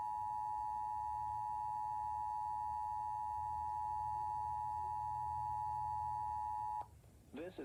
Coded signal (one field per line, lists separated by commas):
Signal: Emergency Alert System (SAME) tones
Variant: 853 and 960 Hz attention tone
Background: speech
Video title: High Wind Warning for West Virginia #EAS